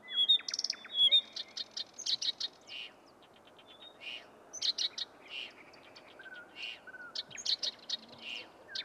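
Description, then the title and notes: Blyth's reed warbler song, unhurried and varied, with clusters of clicking notes and clear whistles, each motif repeated a few times before switching. Heard on night outings near lush meadows and shrubland almost anywhere in southern Finland; about 50,000 breeding pairs, having spread rapidly to the west coast. "Viitakerttunen. Pertti Koskimies. Marko Melto"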